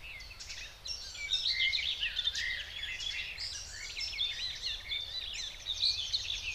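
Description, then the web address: Common whitethroat delivering a long run of harsh, chattering warbled notes, steady and busy from start to end. Recorded in the Spreewald. "ornithologie dorngrasmuecke 2 m 08 St We Spreewald"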